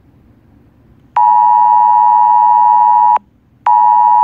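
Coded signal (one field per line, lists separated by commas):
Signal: Emergency Alert System (SAME) tones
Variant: 853 and 960 Hz attention tone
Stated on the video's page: Air-raid drill alert received on a mobile phone during a civil defense exercise in Taichung.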